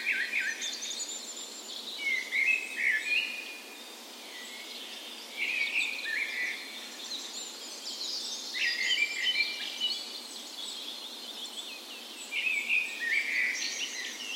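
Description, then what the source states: Bird dawn chorus, phrases of bright twittering song arriving in bursts every few seconds from overlapping singers. Wild birds, morning of 17 May, Norway's National Day, spring, park west in Bergen, Norway; recorded with Sony PCM A10 and LOM Usi microphones used as tree ears.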